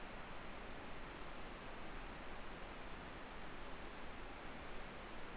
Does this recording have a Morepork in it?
no